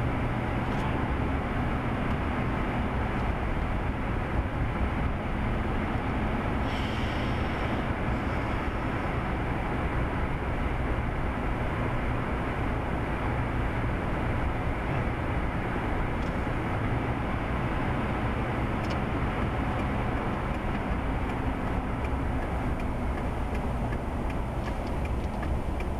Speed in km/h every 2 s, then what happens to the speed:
66, 68, 66, 68, 64, 66, 66, 64, 63, 61, 52, 42, 34.
0-17 steady at about 66. 17-26 brakes to 34.